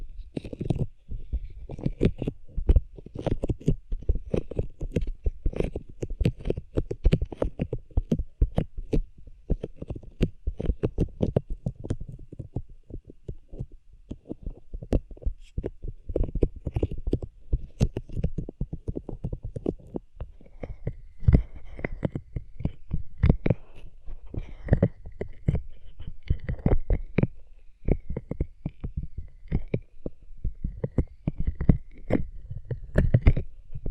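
Hands rub over a microphone in dense, rapid, uneven strokes that fill the whole span with low, muffled thumps and scrapes. Faint brighter rustles flicker above, and from about the twenty-second mark a thin whistling tone recurs between strokes. No speech.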